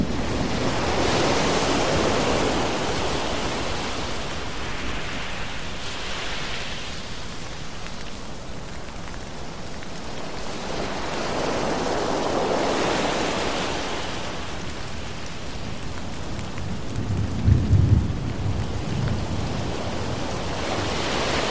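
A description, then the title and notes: Steady rushing rain blends with surging ocean waves that swell and recede every few seconds, with a brief low rumble near seventeen seconds. Thunderstorm Rain Sounds With Ocean Waves.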